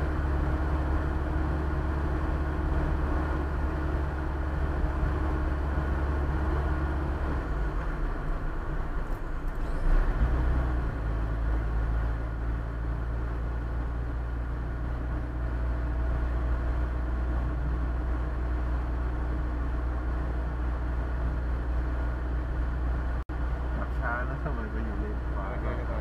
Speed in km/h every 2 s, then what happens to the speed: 53, 54, 56, 56, 54, 53, 55, 55, 59, 58, 58, 59, 60.
0-26 speeds up to 60.